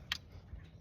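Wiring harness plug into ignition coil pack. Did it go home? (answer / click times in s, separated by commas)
yes / 0.1 s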